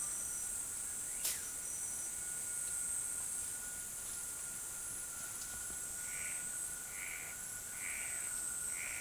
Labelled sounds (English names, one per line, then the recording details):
none
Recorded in forest near Pivijay, Magdalena, Colombia, on 18 April 2023 at 18:30
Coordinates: 10.467, -74.380
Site Z5-G034